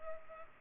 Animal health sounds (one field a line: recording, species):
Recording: mosquito wingbeat signal from an infrared sensor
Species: Culex pipiens